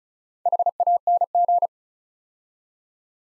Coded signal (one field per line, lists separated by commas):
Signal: Morse code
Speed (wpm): 36 wpm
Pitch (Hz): 700 Hz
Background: none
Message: HANG